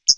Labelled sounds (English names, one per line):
Hooded Warbler flight call